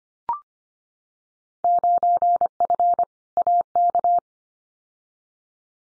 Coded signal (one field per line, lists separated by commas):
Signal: Morse code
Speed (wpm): 25 wpm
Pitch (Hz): 700 Hz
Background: none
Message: 9F AK